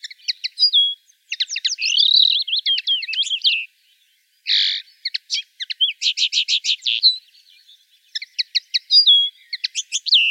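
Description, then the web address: Common linnet song, a jumble of quick chirps, rattling trills and brief buzzy notes in several bursts with short gaps between them. "rdewys kneu"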